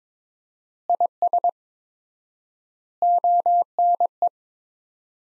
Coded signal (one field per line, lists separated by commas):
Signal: Morse code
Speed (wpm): 22 wpm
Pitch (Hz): 700 Hz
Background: none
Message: IS ONE